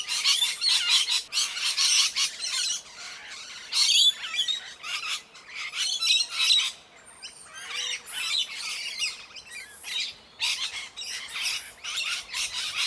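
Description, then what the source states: Parrots in a tree giving loud harsh squawks in irregular bursts separated by short quiet gaps, with occasional thin whistled notes between them. Several parrots in a tree.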